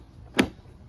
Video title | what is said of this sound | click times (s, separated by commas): WORX WG779 Cordless Lawn Mower Review – 40V 14" 2-in-1 Electric Mower for Small Yards | And you just want to slide in uh and hear that click. | 0.4 s